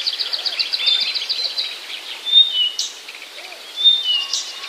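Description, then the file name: Blyth's reed warbler song opening with a quick run of repeated high notes, then short whistled slurs and sharp high notes. "acrocephalus dumetorum"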